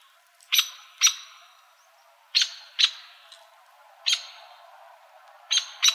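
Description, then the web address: Strickland's woodpecker: sharp, emphatic pik calls, mostly in quick pairs, repeated every couple of seconds. Arizona, recorded 28 May 2006. "Woodpeckers AZFO STWO deviche 052806"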